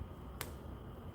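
A plastic snap cap on a fabric item is pressed by hand with full body weight into its socket until it pops into the little bubble. A single sharp, short snap is heard at 0.4 s over a low, steady background hum. The snap fastener seats into place.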